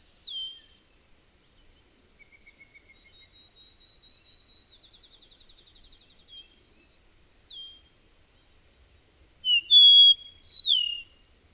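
Bird song: a thin steady whistle and a long soft trill, short downslurred notes, then a loud cluster of descending high whistles near the end.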